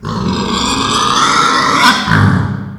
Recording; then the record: squeal of a Yucatan mini pig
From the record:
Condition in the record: after surgery on the right vocal fold (resection and tissue-engineered implant); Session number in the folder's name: 16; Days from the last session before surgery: 183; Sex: female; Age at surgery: 19 weeks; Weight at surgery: 25 kg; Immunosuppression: prednisolone